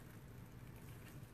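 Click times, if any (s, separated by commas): none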